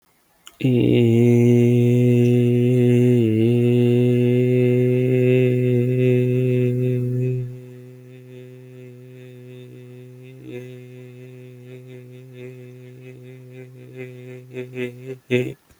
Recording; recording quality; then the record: sustained vowel as in made; excellent, no background noise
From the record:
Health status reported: healthy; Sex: male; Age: 25 years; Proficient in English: yes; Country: India